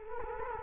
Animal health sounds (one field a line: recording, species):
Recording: mosquito wingbeat signal from an infrared sensor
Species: Culex quinquefasciatus